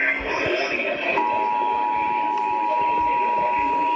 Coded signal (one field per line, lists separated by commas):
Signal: Emergency Alert System (SAME) tones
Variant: 853 and 960 Hz attention tone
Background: speech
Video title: Severe Thunderstorm Warning EAS #60